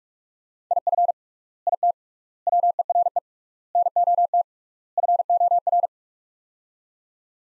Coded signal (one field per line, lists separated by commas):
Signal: Morse code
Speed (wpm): 46 wpm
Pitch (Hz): 700 Hz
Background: none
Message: IF IT WERE NOT FOR